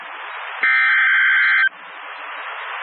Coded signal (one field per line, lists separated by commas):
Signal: Emergency Alert System (SAME) tones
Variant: header bursts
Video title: Snow Squall Warning EAS#681